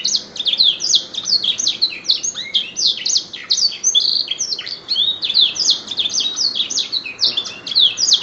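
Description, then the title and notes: Canary song of rapid high chirps and short trills delivered without a break, with a few rising whistled slurs woven in. Canary master song (masteran kicau kenari), used as a lure to train and stimulate cage birds. "PANCINGAN SUARA MASTERAN KENARI. masteran kicau kenari"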